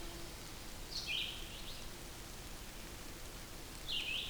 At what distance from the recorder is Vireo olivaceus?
about 30 m